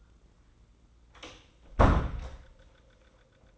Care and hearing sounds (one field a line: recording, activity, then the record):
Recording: daily activity, microphone in the room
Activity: close door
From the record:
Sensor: 3